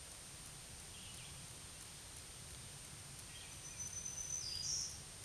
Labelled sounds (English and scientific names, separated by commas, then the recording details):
Black-throated Green Warbler (Setophaga virens) song
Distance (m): 25 m
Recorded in a Pennsylvania forest on 1 June 2023 at 07:02
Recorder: AudioMoth, point grid3_8_low
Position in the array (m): 124 m, 112 m